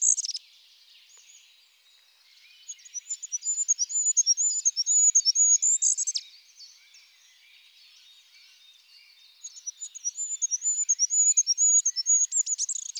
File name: ROITELET HUPPE